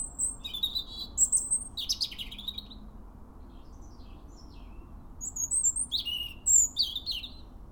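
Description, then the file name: European robin song, varied high warbling phrases of thin whistles and quick trills, separated by a brief quieter gap. "Erithacus rubecula"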